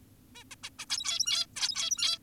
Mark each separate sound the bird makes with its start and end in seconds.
0.35-0.44, 0.51-0.55, 0.64-0.70, 0.79-0.86, 0.90-1.46, 1.56-2.18